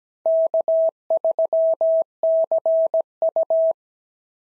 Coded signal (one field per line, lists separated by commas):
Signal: Morse code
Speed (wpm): 17 wpm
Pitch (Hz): 650 Hz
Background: none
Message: K3CU